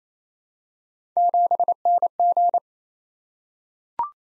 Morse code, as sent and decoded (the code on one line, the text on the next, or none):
--... -. --.
7NG